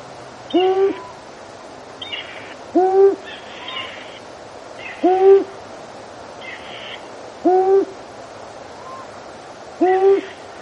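Long-eared owl hooting: five low, flat notes at steady intervals, with faint hoarse hissing bursts between them.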